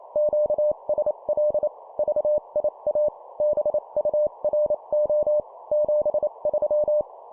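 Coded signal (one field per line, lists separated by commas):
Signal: Morse code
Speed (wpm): 28 wpm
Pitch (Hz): 600 Hz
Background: none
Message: QSL VIA BURO 73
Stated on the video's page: Example 25 wpm CW QSO in standard format for copy practice; the station describes 30 watts into a vertical.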